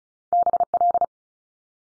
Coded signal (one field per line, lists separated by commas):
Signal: Morse code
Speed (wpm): 36 wpm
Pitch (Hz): 700 Hz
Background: none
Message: BL